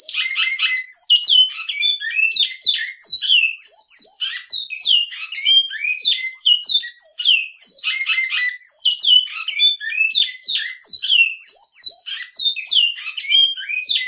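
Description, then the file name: Great-billed seed finch song: a fast, continuous stream of varied chirps, sweeping whistles and twittered notes, delivered in rapid bursts throughout. "bicudo"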